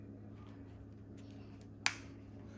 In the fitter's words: Again, you'll hear some clicks.